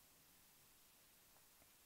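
A helmet intercom unit's small pins are lined up with the mounting channels on a motorcycle helmet mount, ready to be slid forward to lock. Only faint rustling and handling noise is heard over a low, steady hiss, with two slight soft touches near 1.4 and 1.6 seconds. Nothing has seated or clicked yet.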